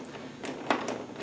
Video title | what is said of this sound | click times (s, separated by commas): Studio Strobe Lighting - Adding Modifiers | I'm gonna hear it click and to | 0.7 s